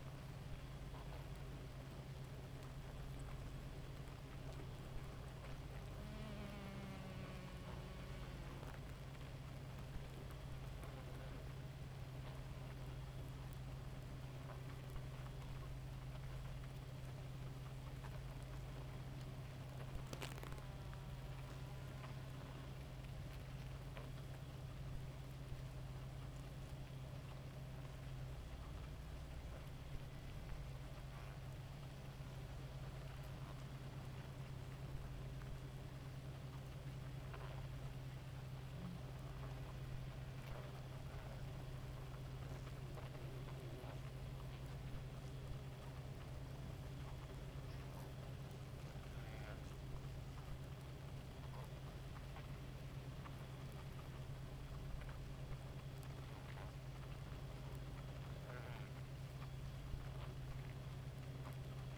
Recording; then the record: honeybee colony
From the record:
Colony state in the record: active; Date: 28 July 2017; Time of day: 2:31